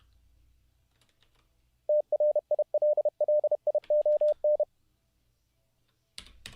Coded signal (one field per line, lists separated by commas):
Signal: Morse code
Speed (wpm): 30 wpm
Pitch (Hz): 600 Hz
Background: none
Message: TRILLION